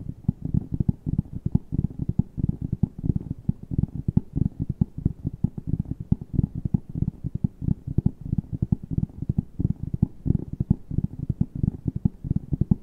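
Fast, aggressive tapping runs without a break for the whole stretch, a dense stream of quick knocks with no pauses. The hits are dull and low, with a thumping body and little brightness, and their loudness varies only slightly from beginning to end.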